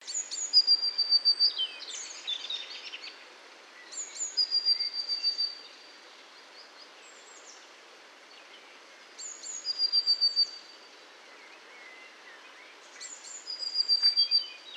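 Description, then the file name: Eurasian blue tit uttering bursts of high, thin notes with a fast trilled run, repeated four times over quiet background hiss. "Cinciarella"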